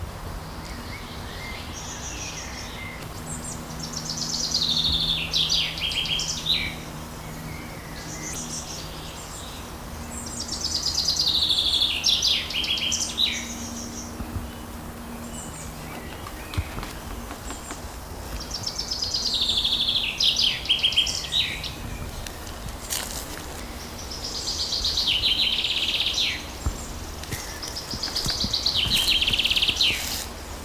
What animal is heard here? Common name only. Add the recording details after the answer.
Common Chaffinch. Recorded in the wild. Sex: male. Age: adult. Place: Forsthaus Dreilinden, Wannsee, Berlin, DE. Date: 1997-06-08 15:51. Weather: fair, ca. 26°C, gusty winds. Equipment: Nagra SN, Kopie Uher 4000 Report Monitor. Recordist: Tembrock, Günter. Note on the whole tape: Männchen: Gesang (zwei Strophentypen), zwei Exemplare